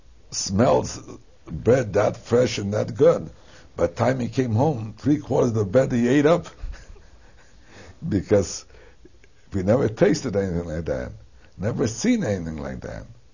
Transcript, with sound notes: smelled bread that fresh and that good. By the time he came home, three quarters of the bread he ate up. ( he laughs ) Because we never tasted anything like that. Never seen anything like that.